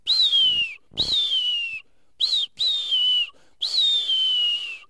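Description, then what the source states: Marbled Murrelet calls, five loud, high, slightly descending keening whistles in quick succession, most under a second long, with brief gaps between. Heard at dusk or early morning in old-growth redwood forest canopy, up to 80 km inland where it nests in treetops; calls just before landing at its nest.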